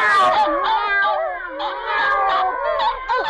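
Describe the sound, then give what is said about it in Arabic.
A cat in a cartoon film, chasing a group of running mice like a monster, yowls loudly and continuously for a few seconds, its drawn-out cry wavering up and down in pitch with harsh, strained overtones. “الفيلم الكرتون اللي هحكيه لك دلوقتي أبطاله فيران وقطط، وتصور أن الفيلم بيبتدي بشوية فيران بتجري هنا وهنا وهنا ووراها قط واحد زي الوحش.”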